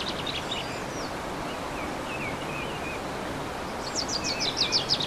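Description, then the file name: Bird song: a few high notes and a wavering whistled phrase, then a loud rapid trill at the end, all over a constant rushing noise. Birdsong recorded 15 March 2014 on an MZ-N710 recorder. "MZ-N 710 Chants d oiseaux 15 03 14"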